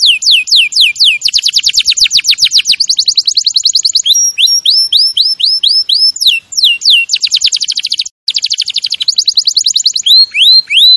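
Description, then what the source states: Canary song, loud and continuous, alternating fast trills of downslurred high notes with rising whistled phrases, with only a momentary break. Champion canary song used as a master recording for training other birds.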